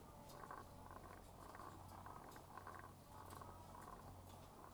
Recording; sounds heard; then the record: poultry house recording; sick chickens (respiratory disease)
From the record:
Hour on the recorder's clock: 12